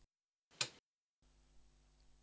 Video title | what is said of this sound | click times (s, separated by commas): Singer 404g Slant-O-Matic Vintage Sewing Machine | and place on the bobbin Winder making sure the locating pin in the winder clicks into place on the bobbin | 0.6 s